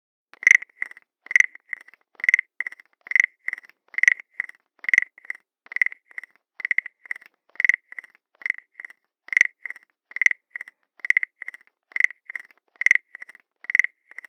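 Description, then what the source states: Frog calling: short clicking croaks repeated steadily, about one call per second, each followed by quieter softer clicks, continuing without pause through the recording. Small frog calling continuously.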